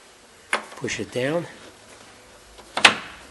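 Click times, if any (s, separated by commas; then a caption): 2.8 s, 2.9 s. On a 2004 Ford Mustang, a plastic retaining clip that holds the headlight assembly in the car body is pushed down over the assembly while someone talks, with a sharp knock near 0.5 s. A quick double click follows at 2.8 s and 2.9 s as the clip locks the headlight assembly in place, seated.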